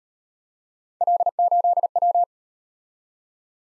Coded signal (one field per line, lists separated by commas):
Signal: Morse code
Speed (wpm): 35 wpm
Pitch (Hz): 700 Hz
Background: none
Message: L8W